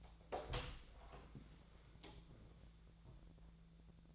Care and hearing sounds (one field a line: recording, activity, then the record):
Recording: daily activity, microphone in the room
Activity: open door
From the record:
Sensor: 3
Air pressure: 1000.5 hPa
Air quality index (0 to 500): 181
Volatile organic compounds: 4 ppm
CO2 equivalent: 1572 ppm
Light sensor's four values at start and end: 12/29/12/13 and 12/30/12/13